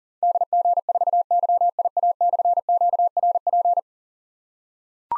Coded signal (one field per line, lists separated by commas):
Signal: Morse code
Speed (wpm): 39 wpm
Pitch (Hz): 700 Hz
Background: none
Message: DG4YIA/QRP